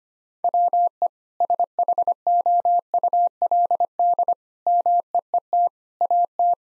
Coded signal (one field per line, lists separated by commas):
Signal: Morse code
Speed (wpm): 25 wpm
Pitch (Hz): 700 Hz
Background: none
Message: WE SHOULD MEET AT